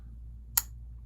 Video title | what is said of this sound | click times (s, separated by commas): Episode 45: I have news! Plus lots of babbling. | Yeah, you can probably hear that click. | 0.6 s